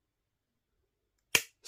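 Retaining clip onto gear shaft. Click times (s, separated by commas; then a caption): 1.4 s. A small retaining clip is pressed onto the end of a gear shaft with needle nose pliers during an MST RMX 2.0 bevel gearbox build. After near silence, a sharp, bright snap lands at 1.4 s, followed by a shorter burst of noise at the very end. The clip snaps into place and is seated on the shaft.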